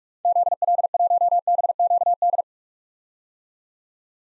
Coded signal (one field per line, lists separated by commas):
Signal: Morse code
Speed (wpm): 47 wpm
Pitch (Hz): 700 Hz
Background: none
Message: ZL1BQD